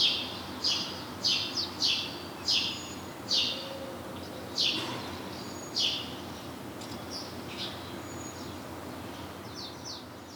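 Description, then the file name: House sparrow giving clipped chirps, irregularly spaced and fading after about six seconds, leaving faint high notes against a constant hiss. "Passer domesticus"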